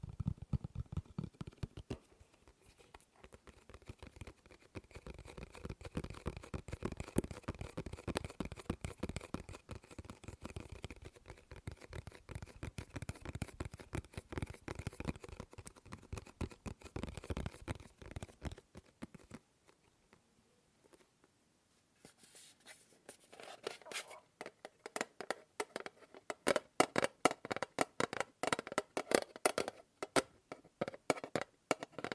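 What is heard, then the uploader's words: Rapid tapping on objects, dense clicks that shift in speed and tone as the surface changes. A low thump opens the clip, the taps pause around 19 to 22 seconds, then return louder, brighter and faster toward the end. ASMR Fast & Slow Tapping on 6 Objects No Talking.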